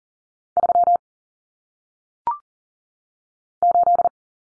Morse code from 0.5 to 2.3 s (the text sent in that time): 3